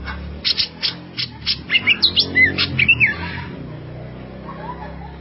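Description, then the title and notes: Greater green leafbird song with quick scratchy notes, followed by short twisting whistled phrases, then a quieter stretch. Song of a champion-class cucak ijo. "Kicau Burung Cucak Ijo Juara. Suara kicauan burung cucak ijo"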